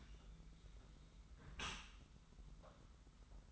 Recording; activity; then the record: daily activity, microphone in the room; close dishwasher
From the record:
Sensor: 3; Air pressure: 991.3 hPa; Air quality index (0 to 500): 134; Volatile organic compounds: 215 ppm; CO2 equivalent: 4261 ppm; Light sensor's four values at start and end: 51/138/56/50 and 51/138/56/50